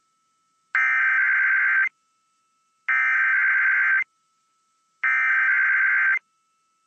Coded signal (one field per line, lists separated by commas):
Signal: Emergency Alert System (SAME) tones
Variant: header bursts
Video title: KWIZ 96.7 Automated Weekly Test (EAS #10257) 3/20/23